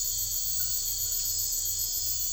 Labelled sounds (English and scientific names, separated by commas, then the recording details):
none
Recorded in secondary vegetation near Puerto Asís, Putumayo, Colombia, on 21 December 2024 at 02:00
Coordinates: 0.498, -76.327
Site GP07